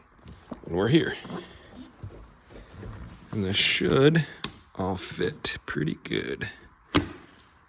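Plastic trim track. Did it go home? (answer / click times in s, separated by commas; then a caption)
yes / 7.0 s. A trim track is pressed into the door weather stripping of a Lamborghini while someone talks. A single sharp snap at 7.0 s marks the track seating into place.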